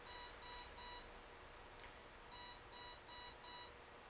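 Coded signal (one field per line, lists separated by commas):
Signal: beep code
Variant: Next D ESC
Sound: buzzy electronic beeps: three, a short pause, then four more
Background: quiet room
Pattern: 4 short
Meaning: Menu item 4: restore factory defaults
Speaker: now it's on the four which is restore Factor defaults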